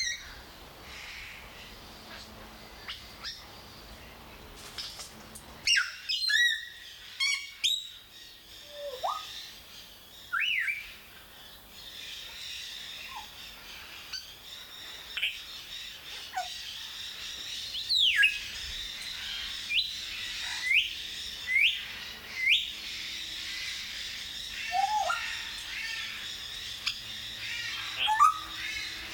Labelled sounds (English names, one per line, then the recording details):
Grey Parrot
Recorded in captivity
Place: Zoo Berlin, Berlin, DE
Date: 1995-07-22 19:07
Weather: heiter, 20-22°C
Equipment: Sony WM-D6C, Sennheiser ME 80, Kopie Uher 4000 Report Monitor
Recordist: Tembrock, Günter
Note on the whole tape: Zwischen der Vasa-Aufnahme. Auch mit Imitation des Vasa